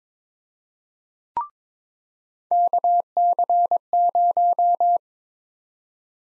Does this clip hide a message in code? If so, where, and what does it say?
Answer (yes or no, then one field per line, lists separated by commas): yes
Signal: Morse code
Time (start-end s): 2.5-5.0 s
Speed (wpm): 22 wpm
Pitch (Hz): 700 Hz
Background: none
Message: KC0